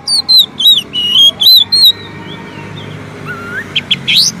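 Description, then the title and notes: Oriental magpie-robin song: loud whistled slurred phrases repeated quickly for two seconds, then quieter rising whistles and sharp high notes after a pause. Long-duration song for training birds, day and night. "Kacer Jadi Gacor Siang Malam. Isian Kacer Durasi Panjang"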